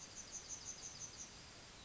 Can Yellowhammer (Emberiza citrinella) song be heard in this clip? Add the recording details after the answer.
yes. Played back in forest. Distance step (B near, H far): F. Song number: 165